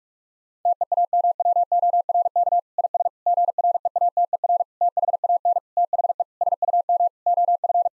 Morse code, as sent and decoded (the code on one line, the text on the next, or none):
- . .- -- .-- --- .-. -.- / .. ... / --. .-. . .- - . .-. / - .... .- -. / - .... . / ... ..- -- / --- ..-.
TEAMWORK IS GREATER THAN THE SUM OF